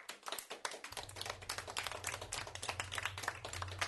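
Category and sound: crowd, applause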